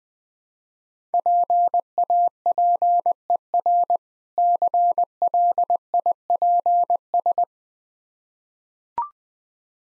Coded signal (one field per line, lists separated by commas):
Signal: Morse code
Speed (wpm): 20 wpm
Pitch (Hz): 700 Hz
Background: none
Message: PAPER CLIPS